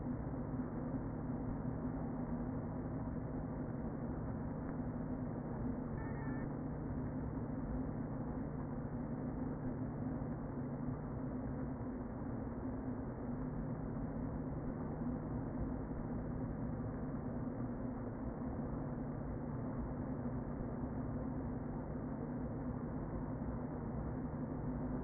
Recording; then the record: honeybee colony, microphone inside the hive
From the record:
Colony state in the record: queen present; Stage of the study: before two queens were removed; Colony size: about 60,000 bees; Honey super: yes